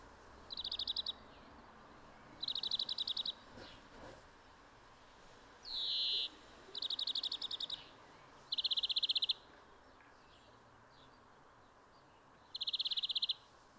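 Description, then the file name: European greenfinch repeating short chattering trill bursts, with one wheezy note in the middle, separated by quiet gaps. "Chloris chloris"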